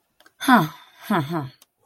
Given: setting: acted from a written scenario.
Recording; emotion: vocal sound without words; interest